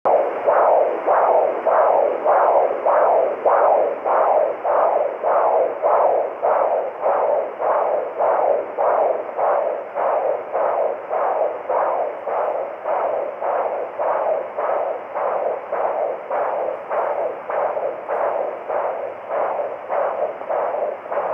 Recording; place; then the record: Doppler ultrasound of blood flow; carotid artery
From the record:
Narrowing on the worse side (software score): normal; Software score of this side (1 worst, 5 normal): 5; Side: left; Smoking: never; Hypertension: no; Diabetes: no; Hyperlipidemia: no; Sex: male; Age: 65 years